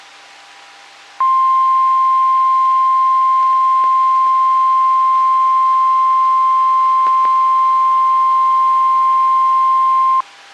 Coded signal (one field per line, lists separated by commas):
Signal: Emergency Alert System (SAME) tones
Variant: 1050 Hz attention tone